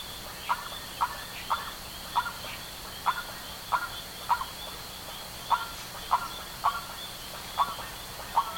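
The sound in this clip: Bird calls: a run of short, sharp notes about twice a second with one brief gap, backed by a continuous high-pitched buzzing drone.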